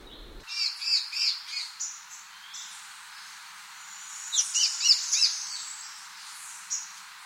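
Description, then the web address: Lesser greenlet singing two bursts of rapid, high-pitched chirping notes a few seconds apart, against steady background hiss. South America. "Natures Songs S America Lesser Greenlet"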